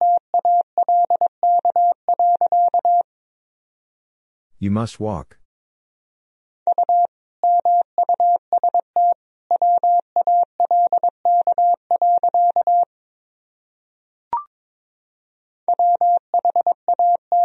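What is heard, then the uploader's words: Morse code beeps in a steady mid-pitched tone, sent in quick runs of dots and dashes separated by short silences. Around the fifth second a brief rushing, swooping noise cuts in, and a single sharp click sounds near fourteen seconds. Sentences from Top 300 Words and Abbreviations 22wpm. These sentences are composed of the Top 300 words and Morse code abbreviations. First, the words and abbreviations are sent in Morse code.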